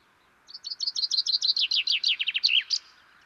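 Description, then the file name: Common chaffinch song: a run of bright, quickly repeated notes dropping in pitch, ending in a short flourish. "Fringilla coelebs"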